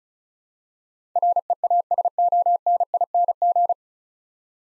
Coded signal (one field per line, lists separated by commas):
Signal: Morse code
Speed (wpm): 36 wpm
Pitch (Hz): 700 Hz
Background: none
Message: REASONING